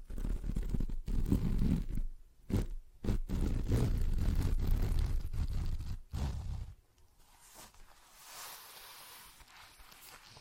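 Scratching and tapping sounds fill the first seven seconds, dense and rough with a heavy low rumble, broken by brief silences near one, two and six seconds. After that the noise drops away to a soft, thin hiss with a faint brighter swell around eight seconds.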